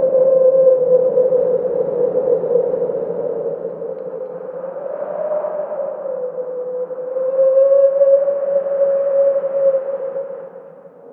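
Wind howls in a steady, hollow moan, its mid-pitched tone wavering slowly up and down with a fainter higher whistle above it and a low rumble beneath. The howl eases slightly around the middle, swells again near eight seconds, then fades at the end.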